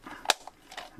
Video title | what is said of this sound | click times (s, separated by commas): How to Make Your Halloween Decorations Scarier | Okay, nice click. | 0.3 s